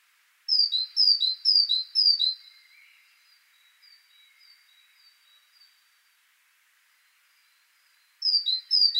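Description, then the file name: Great tit song, a run of ringing two-note phrases, high then lower, repeated about twice a second, then softer thin notes, and the phrases start again near the end. "Parus major"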